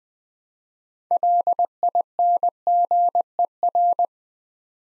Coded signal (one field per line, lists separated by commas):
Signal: Morse code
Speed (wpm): 20 wpm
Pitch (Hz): 700 Hz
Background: none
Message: LINGER